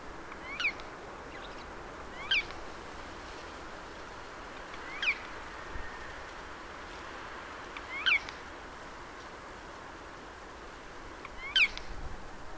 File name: Garrulus glandarius